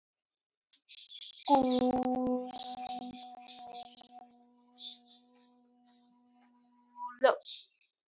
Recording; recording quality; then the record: sustained vowel as in boot; moderate, slight background noise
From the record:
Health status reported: healthy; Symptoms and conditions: none ticked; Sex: female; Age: 39 years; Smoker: not ticked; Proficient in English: yes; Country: India